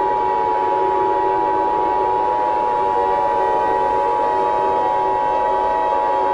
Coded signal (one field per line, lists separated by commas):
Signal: Emergency Alert System (SAME) tones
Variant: 853 and 960 Hz attention tone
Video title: Neutron Star (EAS Mini Scenario)